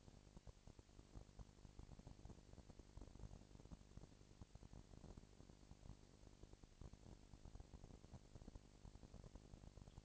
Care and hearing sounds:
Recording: daily activity, microphone in the room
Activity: no activity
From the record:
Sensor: 5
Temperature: 19.8 degrees Celsius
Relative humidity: 36.7%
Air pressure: 997.2 hPa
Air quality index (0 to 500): 168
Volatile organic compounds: 14 ppm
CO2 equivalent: 2436 ppm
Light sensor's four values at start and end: 2/3/1/1 and 2/3/1/1

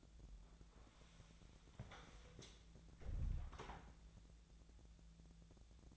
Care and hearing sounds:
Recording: daily activity, microphone in the room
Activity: close door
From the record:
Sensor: 3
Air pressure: 1000.4 hPa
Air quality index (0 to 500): 174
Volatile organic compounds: 3 ppm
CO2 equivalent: 1512 ppm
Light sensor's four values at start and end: 13/30/13/13 and 13/30/13/13

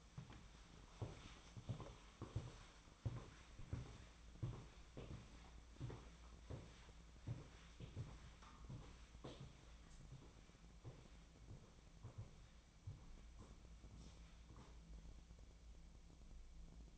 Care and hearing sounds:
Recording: daily activity, microphone in the room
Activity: walk to room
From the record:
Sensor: 1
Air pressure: 1010.1 hPa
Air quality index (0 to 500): 185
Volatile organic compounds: 16 ppm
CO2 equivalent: 2537 ppm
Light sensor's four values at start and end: 38/99/41/50 and 39/99/41/51

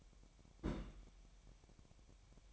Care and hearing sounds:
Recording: daily activity, microphone in the room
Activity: place on stove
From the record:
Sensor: 1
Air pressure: 1012.1 hPa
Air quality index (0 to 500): 227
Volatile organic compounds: 5 ppm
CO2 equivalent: 1812 ppm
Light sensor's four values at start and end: 63/150/64/68 and 63/150/64/68

